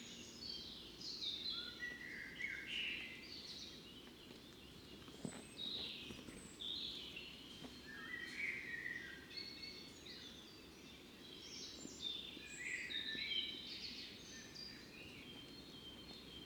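Morning birdsong at a fox den, with many birds chirping and trilling at once in short bright bursts that overlap throughout. Beneath them runs a steady low rumble of background noise, with a few faint knocks around five and seven seconds.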